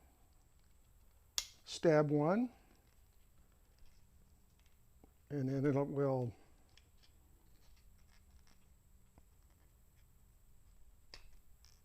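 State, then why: Not seated. A part of the tone arm mounting on a front-mount Victor phonograph is handled and worked, with a sharp hit at 1.4 s, someone talking in two stretches, and a few faint ticks afterward. Nothing has seated or clicked into place yet.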